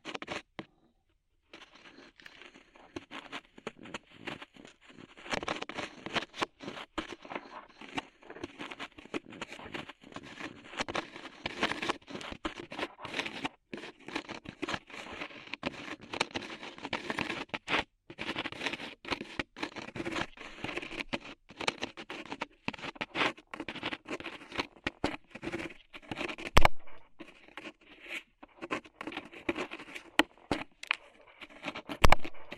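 Ear cleaning with rhinestones and clay being removed: dense, rapid crackling and sticky tapping fill nearly the whole clip, with brief pauses around 1, 5 and 18 seconds. The clicks are bright and irregular, with a few sharper, louder snaps near 27 and 32 seconds.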